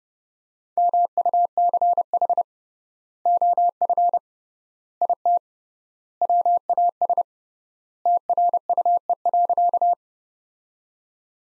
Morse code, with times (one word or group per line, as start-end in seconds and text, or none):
0.8-2.4 MUCH
3.3-4.2 OF
5.0-5.4 IT
6.2-7.2 WAS
8.1-9.9 TRUE.